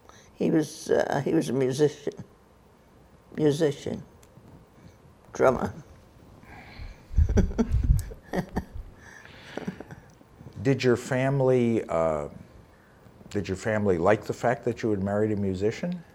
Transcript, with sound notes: He was a - he was a musician. Musician -- drummer (laughs)
Did your family - did your family like the fact that you had married a musician?